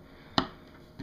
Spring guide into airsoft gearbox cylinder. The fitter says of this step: until the spring guide is clicks into place